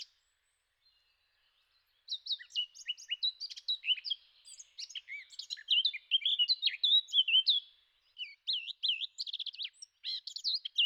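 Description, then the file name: Eurasian blackcap starting after a short silence with a lively warbling phrase of rapid scratchy notes and loud clear whistles, continuing in varied bursts. "zwartkop"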